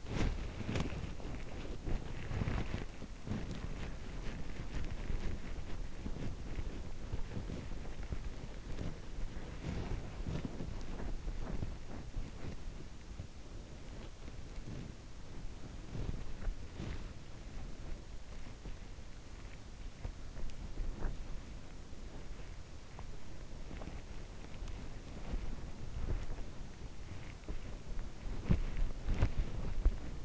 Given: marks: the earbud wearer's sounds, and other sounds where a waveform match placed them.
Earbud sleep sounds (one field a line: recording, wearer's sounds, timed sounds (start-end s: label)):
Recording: sounds in sleep by an in-ear microphone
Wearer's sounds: body movement, teeth grinding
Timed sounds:
0.00-30.24 s: body movement
20.84-25.03 s: teeth grinding